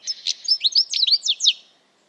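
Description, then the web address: Bird giving a short burst of quick, scratchy chirps lasting under two seconds. "Deverinetal"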